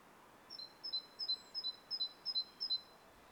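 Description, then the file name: Great tit song: a steady series of about seven high two-note phrases, a higher note then a lower one, repeated quickly and evenly over faint background hiss. "Parus major"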